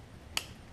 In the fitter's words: little white piece clicks right in there